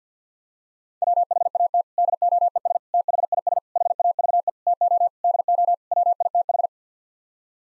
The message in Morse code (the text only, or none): WHAT DOES THIS HAVE TO DO WITH